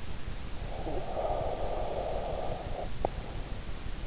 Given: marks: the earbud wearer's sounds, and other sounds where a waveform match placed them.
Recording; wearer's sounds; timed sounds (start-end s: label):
sounds in sleep by an in-ear microphone; breath
0.55-3.35 s: breath